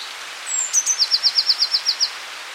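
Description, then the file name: Eurasian blue tit song phrase: a thin falling whistle and two sharp ticks, then an even trill of about ten slightly lower notes. "Cyanistes caeruleus"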